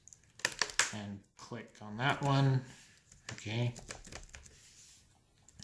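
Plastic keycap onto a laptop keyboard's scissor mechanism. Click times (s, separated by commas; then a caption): 0.5 s, 0.6 s, 0.8 s. A plastic keycap is pressed down onto a laptop keyboard's scissor mechanism and snaps into place with sharp clicks at 0.5, 0.6 and 0.8 seconds, seating onto its clips. Someone talks, and softer taps follow around 4.2–4.5 seconds.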